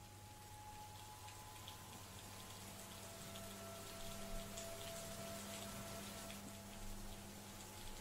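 Heavy rain begins pouring down outside in the evening in a steady, dense hiss with scattered patters, joined by a low constant hum and a faint high tone underneath. No one speaks.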